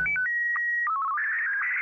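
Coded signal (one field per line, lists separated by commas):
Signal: SSTV (slow-scan television)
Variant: Martin 1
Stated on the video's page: SSTV test picture transmitted from an old Standard C5400 VHF multimode base station.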